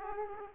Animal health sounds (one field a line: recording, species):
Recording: mosquito wingbeat signal from an infrared sensor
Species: Aedes aegypti